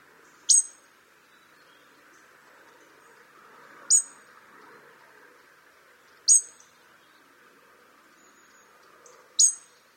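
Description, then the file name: Regular European robin ticks, four sharp clicks at roughly three-second intervals, over a quiet steady hum. "Erithacus rubecula"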